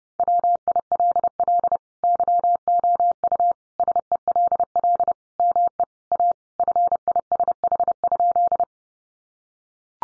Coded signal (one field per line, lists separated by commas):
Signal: Morse code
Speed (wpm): 28 wpm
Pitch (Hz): 700 Hz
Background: none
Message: WILL YOU SELL ME A FISH?